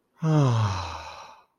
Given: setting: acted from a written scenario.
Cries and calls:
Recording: vocal sound without words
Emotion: contentment

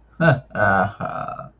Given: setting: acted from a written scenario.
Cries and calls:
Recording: vocal sound without words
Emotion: pride

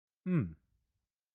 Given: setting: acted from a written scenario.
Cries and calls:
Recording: vocal sound without words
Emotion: contentment

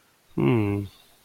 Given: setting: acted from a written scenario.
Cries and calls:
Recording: vocal sound without words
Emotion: romantic love

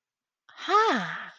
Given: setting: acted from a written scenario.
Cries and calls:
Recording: vocal sound without words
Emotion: interest

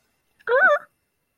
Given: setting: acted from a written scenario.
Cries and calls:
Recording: vocal sound without words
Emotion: distress

